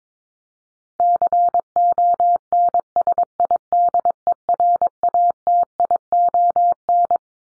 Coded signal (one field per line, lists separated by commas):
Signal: Morse code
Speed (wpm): 22 wpm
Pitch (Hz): 700 Hz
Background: none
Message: CONSIDERATION